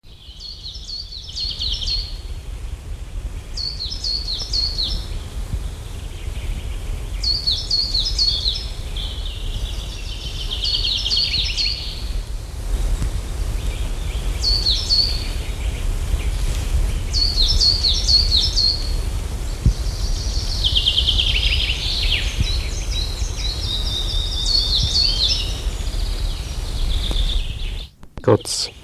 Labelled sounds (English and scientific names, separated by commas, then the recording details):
Coal Tit (Periparus ater), Common Chaffinch (Fringilla coelebs)
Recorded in the wild
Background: Fringilla coelebs
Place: Feldberg - Koldenhof, Mecklenburgische Seenplatte, Mecklenburg, DE
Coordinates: 53.3294, 13.3136
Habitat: high beech forest
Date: 1976-07-03 10:35
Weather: 24°C
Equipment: Uher CR 210, Sennheiser MD 421 HL, Verstärker, Reflektor, Kopie Uher 4200
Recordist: Tembrock, Günter
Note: Buchenhochwald bei Koldenhof, Warsberge. Rufe